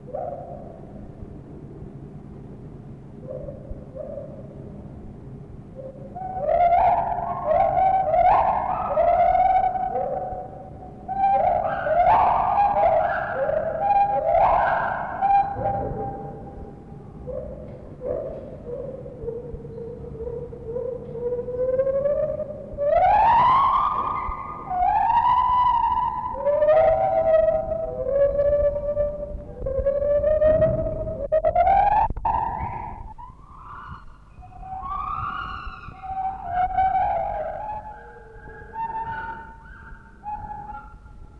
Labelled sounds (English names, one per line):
Lar Gibbon